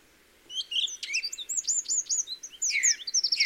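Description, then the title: Song thrush singing varied high, clear phrases, with a run of sharp repeated notes in the middle and a fuller warbled burst near the end. Song thrush singing in the Peak District during lockdown; the source calls it the longest unbroken thrush song ever heard. "Thrush and wren, Peak District"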